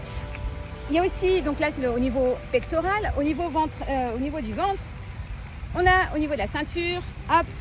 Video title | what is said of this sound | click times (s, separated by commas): Gilet d'hydratation Osprey Dyna 15 L [ Test & Avis ] | c'est vrai que un petit clic je S et me voilà maintenue | 0.4 s